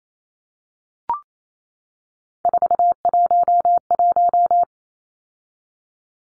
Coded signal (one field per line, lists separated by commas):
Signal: Morse code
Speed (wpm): 28 wpm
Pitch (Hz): 700 Hz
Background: none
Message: 411